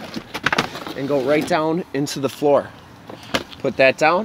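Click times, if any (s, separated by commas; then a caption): none. A second-row stow-away seat in a 2017 Dodge Grand Caravan GT minivan in Granite Crystal is being folded down into its floor well while someone talks. A burst of sharp clattering knocks comes around 0.4–0.6 s, then a single sharp knock near 3.4 s. The seat has not latched into the floor yet; nothing has seated or clicked.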